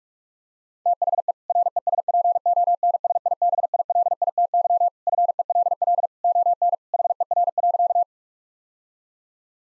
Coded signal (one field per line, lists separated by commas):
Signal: Morse code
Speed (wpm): 46 wpm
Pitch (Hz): 700 Hz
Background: none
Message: THE RESPONSIBILITY FELL ON HER.